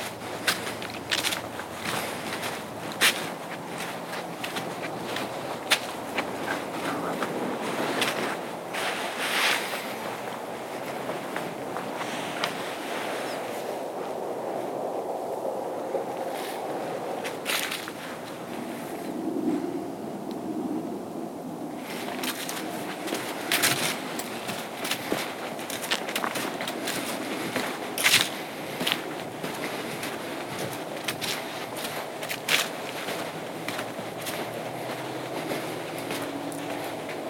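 A pitch-black night hike on the Appleton Trail, heard as a steady low rumble and rushing wash that never lets up. Sharp crackles and snaps cut through often and irregularly, bunching around ten, seventeen and twenty-three to twenty-eight seconds.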